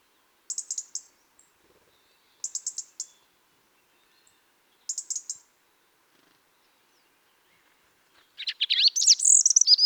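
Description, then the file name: European robin giving short clusters of high ticking calls about every two seconds, then a burst of high, thin, warbling song near the end. "Erithacus rubecula"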